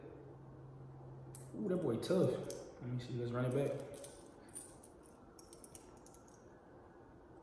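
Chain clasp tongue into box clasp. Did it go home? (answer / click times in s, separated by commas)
no / none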